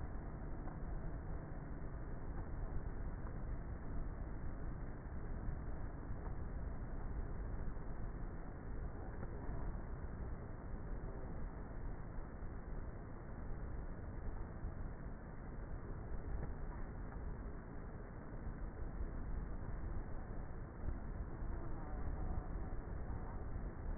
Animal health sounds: honeybee colony, microphone inside the hive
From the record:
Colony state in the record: queenless with a low population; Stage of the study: before two queens were removed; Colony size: about 30,000 bees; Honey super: no

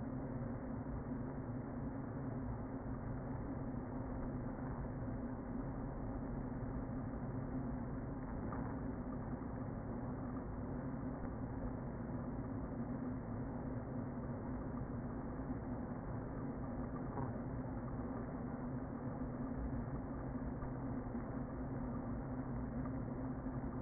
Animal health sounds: honeybee colony, microphone inside the hive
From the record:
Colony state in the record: queen present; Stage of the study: before two queens were removed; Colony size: about 60,000 bees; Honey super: yes

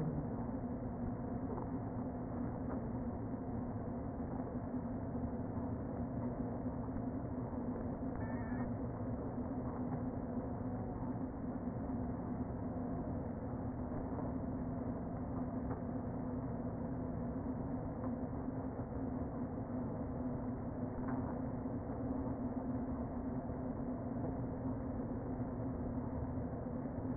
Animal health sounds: honeybee colony, microphone inside the hive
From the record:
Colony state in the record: queen present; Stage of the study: before two queens were removed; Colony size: about 60,000 bees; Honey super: yes

